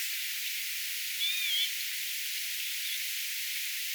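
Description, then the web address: Curlew sandpiper call: one brief high, wavering whistle, heard once over constant hissing background noise. Curlew sandpiper calls from the Pitkäranta bird tower, 14 August 2025. "paivat 14 8 2025 rantakurvin aantelya aanitetty pitkan rannan lintutornista"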